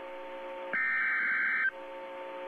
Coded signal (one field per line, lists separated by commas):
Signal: Emergency Alert System (SAME) tones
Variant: header bursts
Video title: Real EAS #415 - SVR